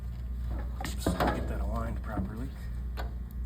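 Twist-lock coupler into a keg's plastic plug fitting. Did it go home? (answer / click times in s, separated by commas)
yes / 3.0 s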